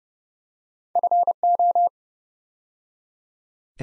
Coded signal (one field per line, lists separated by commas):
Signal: Morse code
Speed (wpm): 30 wpm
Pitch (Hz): 700 Hz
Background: none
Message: FO